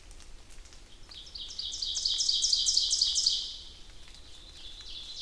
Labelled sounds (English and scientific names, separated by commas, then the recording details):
Ovenbird (Seiurus aurocapilla) song
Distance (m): 30 m
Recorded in boreal forest in Alberta, Canada, on 2 June 2016 at 06:28
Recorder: SongMeter 3, array SBT-3-7
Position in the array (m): 49 m, 149 m
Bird 4